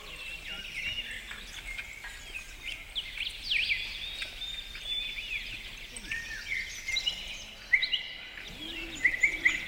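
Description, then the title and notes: Birds singing, a mix of short chirps, trills and clear whistled notes from several birds, over steady background hiss. "Frans Snyders - Concert of Birds"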